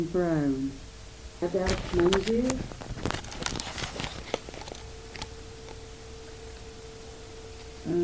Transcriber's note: rustling